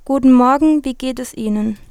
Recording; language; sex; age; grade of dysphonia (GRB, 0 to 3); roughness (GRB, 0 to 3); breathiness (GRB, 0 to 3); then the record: spoken sentence; German; female; 20 to 29 years; 0; 0; 0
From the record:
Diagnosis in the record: healthy voice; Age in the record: 20 years